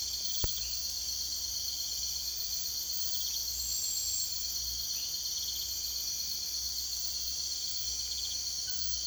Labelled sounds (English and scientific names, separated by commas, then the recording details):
none
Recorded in secondary vegetation near Puerto Asís, Putumayo, Colombia, on 22 June 2025
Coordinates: 0.488, -76.319
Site G094